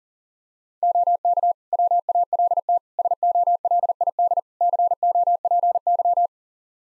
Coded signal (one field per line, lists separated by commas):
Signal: Morse code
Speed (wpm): 40 wpm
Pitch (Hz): 700 Hz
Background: none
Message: OK WALT SOLID COPY